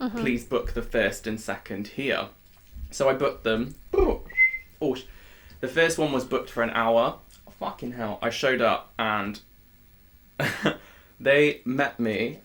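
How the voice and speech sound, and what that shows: An adult woman speaks in fluent, conversational speech when an abrupt, out-of-context expletive bursts in mid-sentence, followed by a brief high whistle-like sound. These are vocal tics with coprolalia, involuntary swearing in a tic condition that began around age 26. Physical tics came first, and vocal tics, starting as a coughing noise, have been at their current degree for about three years. A former severe stammer was largely resolved by speech therapy.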